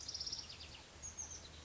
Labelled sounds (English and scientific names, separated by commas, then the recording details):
Oak Titmouse (Baeolophus inornatus)
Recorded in Sonoma County, California